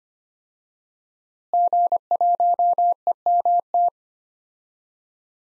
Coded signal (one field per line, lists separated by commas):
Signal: Morse code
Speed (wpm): 25 wpm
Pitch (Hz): 700 Hz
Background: none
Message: G1EMT